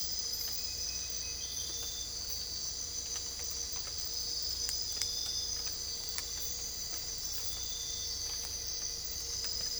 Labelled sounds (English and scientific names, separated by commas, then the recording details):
none
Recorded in dense forest near Puerto Asís, Putumayo, Colombia, on 22 December 2024 at 04:00
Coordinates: 0.485, -76.318
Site GP03